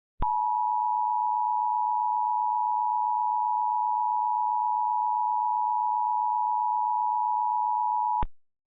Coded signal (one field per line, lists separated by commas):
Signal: Emergency Alert System (SAME) tones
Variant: 853 and 960 Hz attention tone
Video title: EAS Mock: Contra Costa SVR